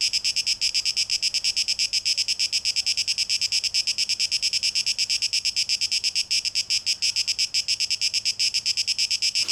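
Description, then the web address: Continuous cicada song: high, hissing buzz broken into quick pulses, steady in loudness from start to finish. Cicada song; 12 August 2023; tape echo mix. "rauschpartikel Audio 2023-08-12 Zikaden (Tape Echo Mix)"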